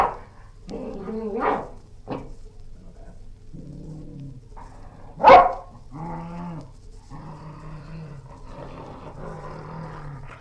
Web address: BBC Dog. dog angry barking and growls. BBC Historical